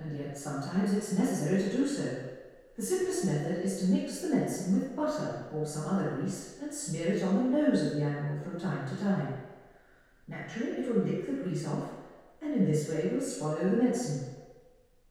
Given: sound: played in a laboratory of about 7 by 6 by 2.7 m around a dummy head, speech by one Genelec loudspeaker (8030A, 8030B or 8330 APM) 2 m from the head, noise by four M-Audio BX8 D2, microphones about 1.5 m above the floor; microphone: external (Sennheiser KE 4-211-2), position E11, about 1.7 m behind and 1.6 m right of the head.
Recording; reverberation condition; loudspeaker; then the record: female speech in English; high; 120 degrees to the left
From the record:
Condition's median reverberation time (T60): about 1300 ms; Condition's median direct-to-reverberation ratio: about -4.0 dB